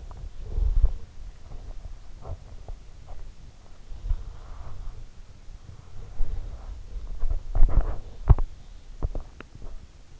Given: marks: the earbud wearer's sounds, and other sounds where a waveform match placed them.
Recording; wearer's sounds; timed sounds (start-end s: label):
sounds in sleep by an in-ear microphone; body movement, teeth grinding, swallowing
0.00-7.00 s: body movement
7.47-8.67 s: teeth grinding
9.12-10.20 s: swallowing